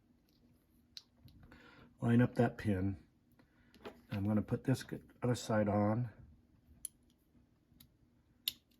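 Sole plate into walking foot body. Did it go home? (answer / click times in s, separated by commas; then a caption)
partly / 8.5 s. Someone talks while refitting the plastic sole onto an older classic-style Bernina sewing machine walking foot, pressing one side onto the foot body after lining up a pin, amid faint clicks and handling noises. A small sharp snap at 8.5 s marks that one side seating, but the other side still needs to be snapped in, so the sole is not fully home yet.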